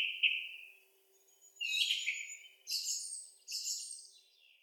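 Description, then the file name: Song thrush song: a clear whistled note followed by several harsher, rich phrases with high overtones, each phrase separated by brief silence. Recorded 25 April 2015. "Singdrossel Turdus philomelos 20150425"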